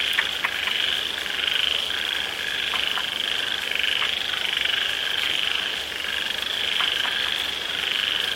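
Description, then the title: Frogs calling in a dense, steady chorus, a high continuous trilling band with a lower buzzing layer, under constant hissing rain with scattered drops. Frogs calling in the rain; their sound gradually becomes quieter as the rain grows heavy. "The sound of frogs in the rain - the sound of frogs gradually becomes smaller when the rain is heavy"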